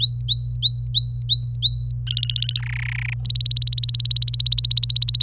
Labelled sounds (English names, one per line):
Domestic Canary song